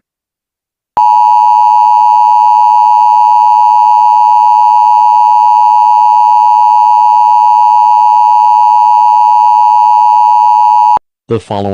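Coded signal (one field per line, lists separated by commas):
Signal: Emergency Alert System (SAME) tones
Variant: 853 and 960 Hz attention tone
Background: speech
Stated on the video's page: Fictional EAS scenario, a remastered reupload of a fan-made fog alert with an added EAN alert and lockdown instructions.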